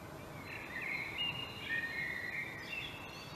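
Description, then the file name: Common blackbird pouring out a continuous mellow warble of fluted, wavering notes for about three seconds over a low background hiss. "Turdus merula"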